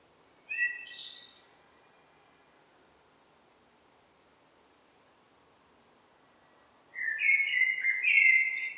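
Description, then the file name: Common blackbird: a short fluty phrase with a high squeaky note, several seconds of quiet, then a longer, varied warbling phrase. "Turdus merula"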